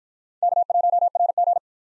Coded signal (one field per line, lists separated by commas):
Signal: Morse code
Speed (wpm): 50 wpm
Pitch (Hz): 700 Hz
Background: none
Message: K1RG